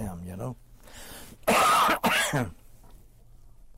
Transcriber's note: coughs